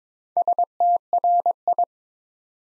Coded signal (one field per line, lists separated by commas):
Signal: Morse code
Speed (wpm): 22 wpm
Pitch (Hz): 700 Hz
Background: none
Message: STRI